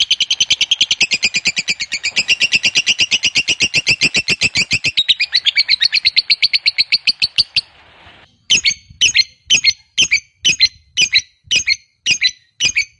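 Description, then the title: Lovebird chattering in a long, rapid, shrill ngekek trill for about eight seconds, then switching to separate sharp chirps repeated roughly twice a second. Fighter-type lovebird performing a long ngekek. "Begitu Dengar Suara Lovebird FIGHTER NGEKEK PANJANG"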